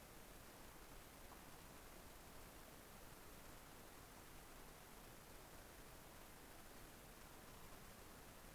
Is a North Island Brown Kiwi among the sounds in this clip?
no